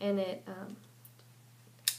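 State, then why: Seated. An interchangeable lens is lined up on a camera body's bayonet mount, pushed in and twisted while someone talks briefly. After a quiet stretch, a sharp click at 1.9 s signals the lens locking into place, seated correctly on the mount.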